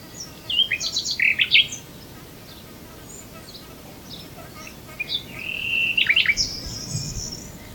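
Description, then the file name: Common nightingale singing varied phrases of sharp chirps and slurred notes, then a drawn-out whistle followed by a rising, high, thin tone. "Luscinia megarhynchos"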